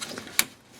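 A fuel hose quick-connect fitting with a plastic retaining clip is pushed onto the fuel filter nipple of a 2001 Saturn SC2 during a fuel filter change. After a faint earlier tick at 0.2 s, a sharp, bright click at 0.4 s signals that the connector has seated on the filter.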